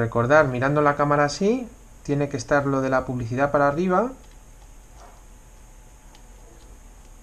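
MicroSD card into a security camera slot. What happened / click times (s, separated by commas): Card held and lined up; no seating click yet / none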